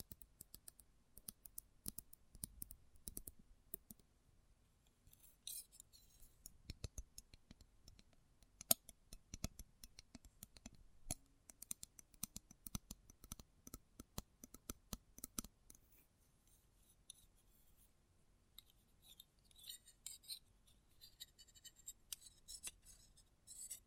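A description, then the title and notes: Close-up metallic sounds: a dense, irregular run of sharp clicks and snips, like scissor blades working, continues for the whole stretch. After about sixteen seconds the clicks turn brighter and thinner, with short ringing tinkles between them and near silence underneath. ASMR Close Up Metallic Sounds (No Talking).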